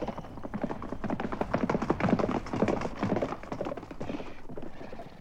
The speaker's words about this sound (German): Wie ein Trunkener hetzte er sein Pferd entlang des Flusses zum Lager der Tramps.